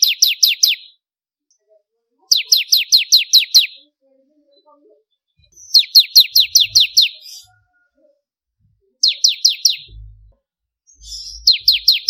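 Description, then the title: Prinia: five short bursts of high, quickly falling chips, spaced by pauses, plus a few faint low bumps. "Kicau Ciblek Kristal"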